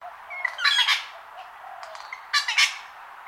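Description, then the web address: Wattlebird giving harsh, raspy, cackling calls in two short bursts separated by a quieter gap with a few softer notes. "Sound Effects-Foundation 1 BIRD WATTLE BIRD CALL"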